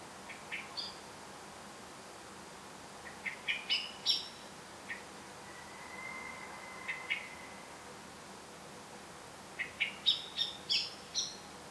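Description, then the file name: Common blackbird calls: groups of sharp, chinking high notes in quick bursts, separated by pauses. "Turdus merula"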